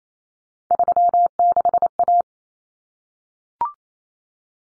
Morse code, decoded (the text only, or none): 36A